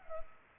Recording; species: mosquito wingbeat signal from an infrared sensor; Culex pipiens